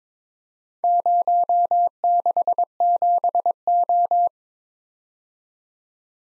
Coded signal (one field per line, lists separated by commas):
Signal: Morse code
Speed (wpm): 22 wpm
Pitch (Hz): 700 Hz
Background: none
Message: 067O